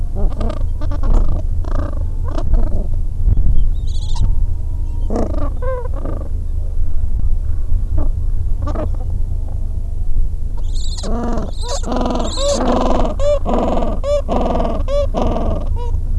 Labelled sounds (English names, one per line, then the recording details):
Gentoo Penguin
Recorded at the colony at Godthul, on 25 December 2014
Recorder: Song Meter SM2+